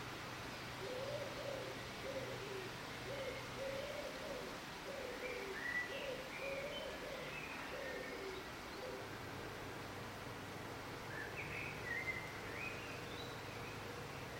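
Bird sounds: a low, soft cooing or hooting phrase repeated through the first half, with faint whistled notes higher up and steady background hum.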